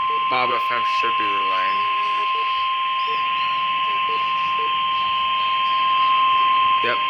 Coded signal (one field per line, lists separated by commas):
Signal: Emergency Alert System (SAME) tones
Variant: 1050 Hz attention tone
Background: speech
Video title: Flash Flood Warning on KLZT 107.1FM and KBPA 103.5FM | EAS #1181-1182